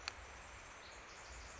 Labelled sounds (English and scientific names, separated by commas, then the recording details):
Pacific Wren (Troglodytes pacificus)
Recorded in Sonoma County, California